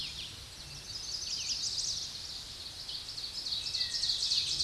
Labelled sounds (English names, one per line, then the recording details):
Chestnut-sided Warbler song
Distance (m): 60 m
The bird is about 15 m above the microphone
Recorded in a Pennsylvania forest on 16 May 2024 at 06:46
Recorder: AudioMoth, point MSD-1338
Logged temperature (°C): 12.6 °C
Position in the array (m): 63 m, 66 m